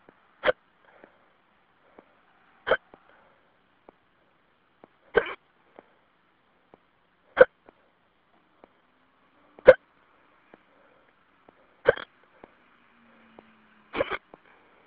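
Seven sharp, abrupt hiccups from an adult recur about every two seconds, roughly 27 a minute, over a quiet phone line.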